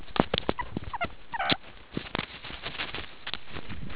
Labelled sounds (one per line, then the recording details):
meerkat short note
meerkat social call
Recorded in the Kuruman River Reserve, South Africa
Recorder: an audio tag on a meerkat's collar